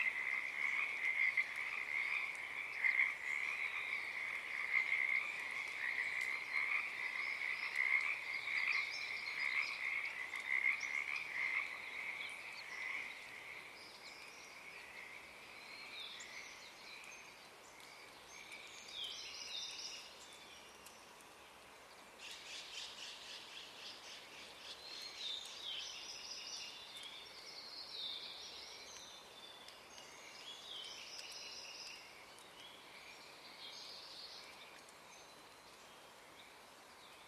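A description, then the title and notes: A dense Pacific tree frog chorus croaks steadily for about twelve seconds, fades, then scattered chirps and faint bird calls continue. A field recording captured this very morning. This is the chorus of the Pacific Tree Frog starting and stopping.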